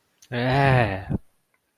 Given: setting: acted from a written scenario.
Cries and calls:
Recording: vocal sound without words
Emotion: disgust

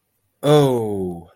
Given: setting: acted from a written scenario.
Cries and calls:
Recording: vocal sound without words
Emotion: awe

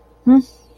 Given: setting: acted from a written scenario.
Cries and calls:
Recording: vocal sound without words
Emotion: neutral

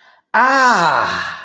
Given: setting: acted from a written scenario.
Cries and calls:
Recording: vocal sound without words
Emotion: pain

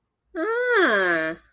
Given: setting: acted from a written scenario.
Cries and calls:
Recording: vocal sound without words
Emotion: realization

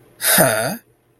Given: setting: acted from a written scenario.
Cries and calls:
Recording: vocal sound without words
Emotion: contempt

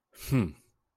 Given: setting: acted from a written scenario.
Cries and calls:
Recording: vocal sound without words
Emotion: contempt

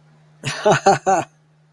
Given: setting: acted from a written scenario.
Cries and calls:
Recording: vocal sound without words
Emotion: amusement

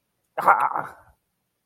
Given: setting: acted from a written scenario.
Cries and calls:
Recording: vocal sound without words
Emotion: pain

